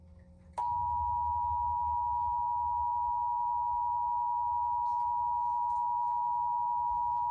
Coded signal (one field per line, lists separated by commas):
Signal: Emergency Alert System (SAME) tones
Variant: 853 and 960 Hz attention tone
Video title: EAS Required Monthly Test on WGN 9 TV (3/3/2026) EAS #557